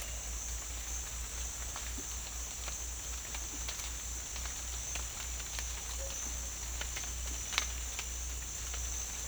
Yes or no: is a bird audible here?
no